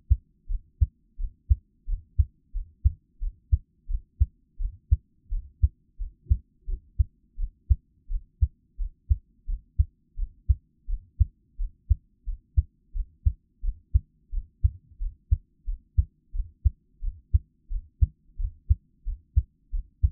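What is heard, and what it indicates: An adult's normal heart sounds, close-miked for ASMR, with no talking.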